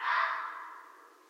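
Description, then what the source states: Red fox making a single hoarse, noisy call that is loudest at the start and dies away smoothly over about a second. Recorded 13 January 2012.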